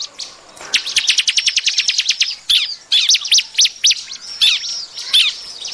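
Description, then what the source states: Bar-winged prinia singing: a quick run of sharp high notes, then short pauses and scattered chirpy phrases with some squeaky twitters. Lure call for attracting these birds; described as noisy.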